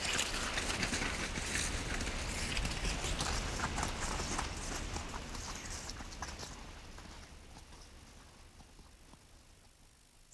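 Horse hooves clip-clop in a rapid, steady patter over a constant rushing noise, loud at first and gradually fading away over about ten seconds. No one speaks.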